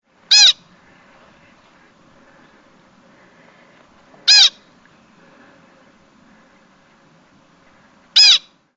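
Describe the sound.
Pika giving sharp, brief squeaky calls, three in all, spaced about four seconds apart, with quiet background between them.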